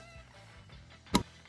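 A white electrical plug is pushed into its C-shaped section on the side mirror wiring connector of a 2011-2025 Dodge Durango and snaps home with one sharp, bright click at 1.1 seconds. Faint low rumbling surrounds it, and the plug is confirmed seated.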